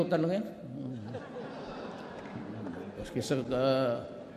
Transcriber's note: laughter